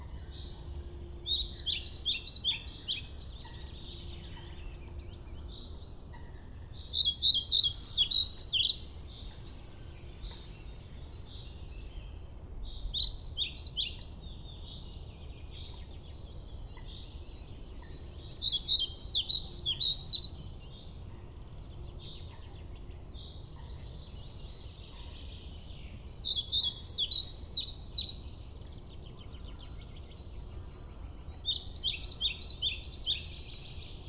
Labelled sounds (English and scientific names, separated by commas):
European Pied Flycatcher (Ficedula hypoleuca)